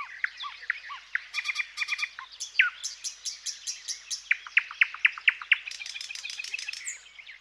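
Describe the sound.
Thrush nightingale song: rapid repeated clicks and loud whistled notes, then a series of sharp descending notes repeated about every quarter second, varied phrases throughout.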